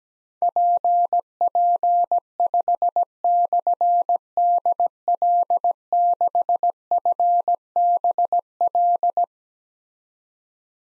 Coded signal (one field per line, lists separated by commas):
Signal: Morse code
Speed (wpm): 17 wpm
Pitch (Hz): 700 Hz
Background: none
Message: PP5/DL6FBL